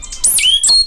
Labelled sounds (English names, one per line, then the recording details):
Stitchbird song
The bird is a male
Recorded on Tiritiri Matangi Island, New Zealand, in 2005
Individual 10, of nest box 12